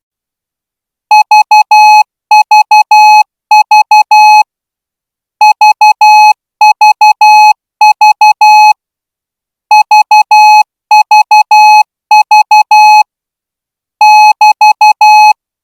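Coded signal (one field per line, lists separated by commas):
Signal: Morse code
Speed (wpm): 12 wpm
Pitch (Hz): 850 Hz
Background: music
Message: VVV VVV VVV <BT>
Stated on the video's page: Morse practice signals for a Thai army signal corps promotion exam.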